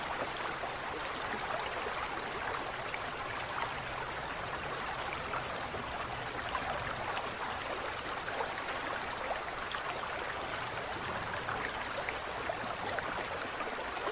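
An aquarium ambience of steady running and bubbling water, dense and unchanging for the whole stretch. The sound is mostly mid and bright, with a fine fizz of tiny splashes and trickles over a soft low rumble, even in level.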